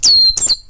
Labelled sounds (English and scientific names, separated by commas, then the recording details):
Stitchbird (Notiomystis cincta) song
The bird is a male
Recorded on Tiritiri Matangi Island, New Zealand, in 2005
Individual 17, of nest box 25